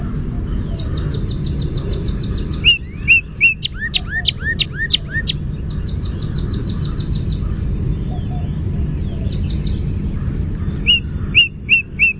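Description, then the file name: Northern cardinal song: a run of several sharp, down-slurred whistled notes, then quieter phrases and a short repeated series near the end, over steady low rumbling background noise. "NOCA song"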